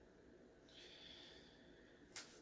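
Metal pins are pressed into the frame of a Tomenosuke Blade Runner Blaster 2049 prop replica revolver assembly kit, with a resin part nearby. A faint, steady high squeak runs from about 0.7 s under low background noise, and a short sharp click comes at 2.2 s. The pins go in partway but are still not all the way in and not yet flush with the outside.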